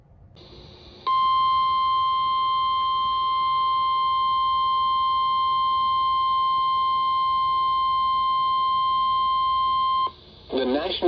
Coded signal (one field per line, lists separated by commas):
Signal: Emergency Alert System (SAME) tones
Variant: 1050 Hz attention tone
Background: speech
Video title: Marginals for Days || EAS Alerts from Sept. 7-9, 2023 || EAS 947-980